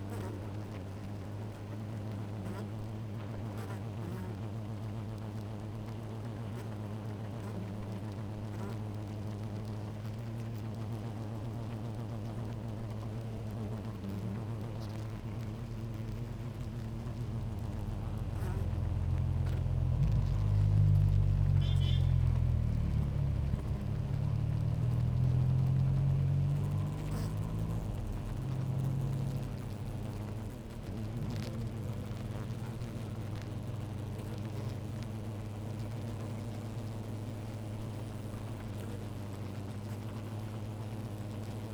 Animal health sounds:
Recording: honeybee colony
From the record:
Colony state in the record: active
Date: 28 July 2017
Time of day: 11:17

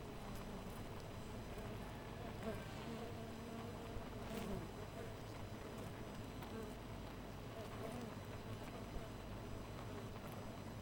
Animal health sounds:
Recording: honeybee colony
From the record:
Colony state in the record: missing queen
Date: 14 July 2017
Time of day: 4:27

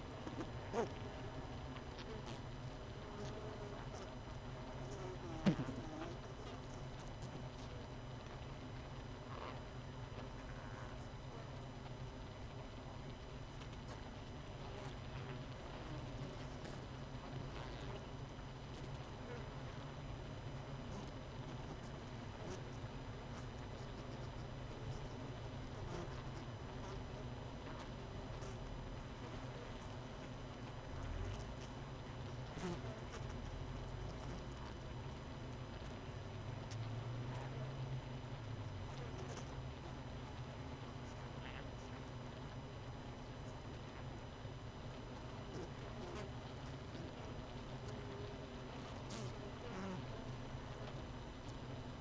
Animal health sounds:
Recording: honeybee colony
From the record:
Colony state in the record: missing queen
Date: 31 May 2018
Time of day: 18:24

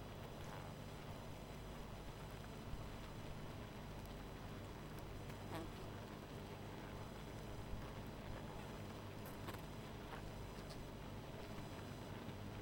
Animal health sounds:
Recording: honeybee colony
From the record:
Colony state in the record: missing queen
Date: 14 July 2017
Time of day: 19:34

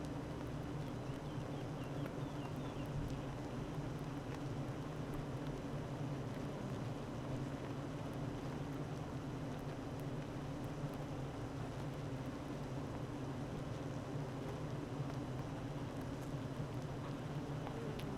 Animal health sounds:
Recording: honeybee colony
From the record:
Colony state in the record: active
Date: 12 June 2018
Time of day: 8:56

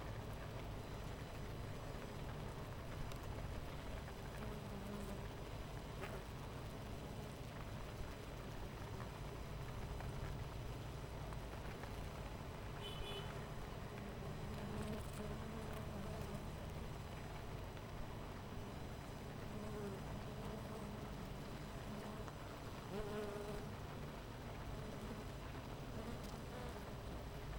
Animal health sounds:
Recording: honeybee colony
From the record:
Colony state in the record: missing queen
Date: 14 July 2017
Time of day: 10:32

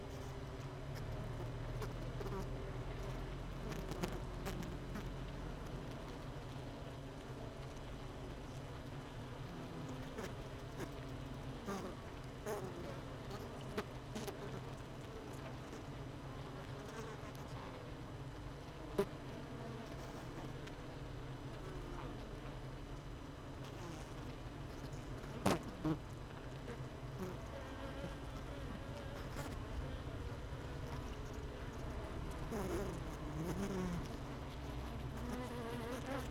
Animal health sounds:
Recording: honeybee colony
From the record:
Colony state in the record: missing queen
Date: 31 May 2018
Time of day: 17:00

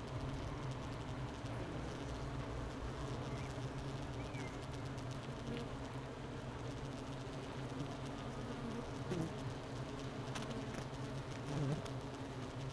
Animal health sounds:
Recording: honeybee colony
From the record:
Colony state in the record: missing queen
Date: 31 May 2018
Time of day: 11:55

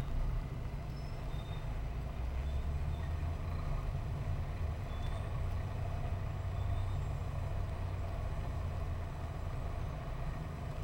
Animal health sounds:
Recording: honeybee colony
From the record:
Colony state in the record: missing queen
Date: 14 July 2017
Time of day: 11:30

